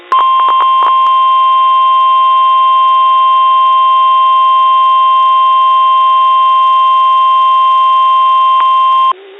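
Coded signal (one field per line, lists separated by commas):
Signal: Emergency Alert System (SAME) tones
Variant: 1050 Hz attention tone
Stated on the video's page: NOAA Weather Radio weekly test from WXJ41 and WXL93, received via SDR and recorded from an IQ file.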